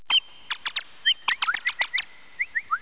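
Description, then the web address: Bird calling with rapid clusters of sharp chirps mixed with short whistled notes that slide up or down, coming in uneven bursts over about three seconds. "特酷声音素材库 动物 鸟 Bird"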